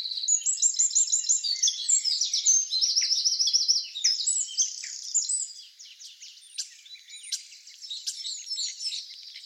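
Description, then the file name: Eurasian wren song, a loud burst of fast repeated high notes and buzzy trills in the first half, followed by quieter scattered chips and ticking notes. "Troglodytes troglodytes"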